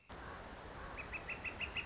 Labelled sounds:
Northern Flicker
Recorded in Sonoma County, California

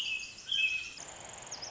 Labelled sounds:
Pacific Wren
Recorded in Sonoma County, California

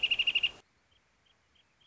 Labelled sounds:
Wrentit
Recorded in Sonoma County, California

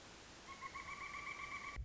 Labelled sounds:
Pileated Woodpecker
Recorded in Sonoma County, California

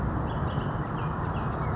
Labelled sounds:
Bullock's Oriole
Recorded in Sonoma County, California

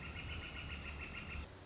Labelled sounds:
Northern Flicker
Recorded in Sonoma County, California

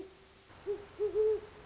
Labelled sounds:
Great Horned Owl
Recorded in Sonoma County, California

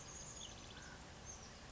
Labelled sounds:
Chestnut-backed Chickadee
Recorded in Sonoma County, California

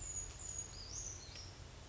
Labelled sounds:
Brown Creeper
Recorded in Sonoma County, California

